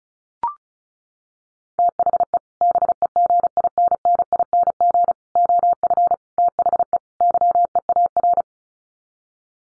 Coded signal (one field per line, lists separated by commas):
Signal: Morse code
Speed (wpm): 34 wpm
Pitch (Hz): 700 Hz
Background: none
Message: THE BEGINNING OF THE YEAR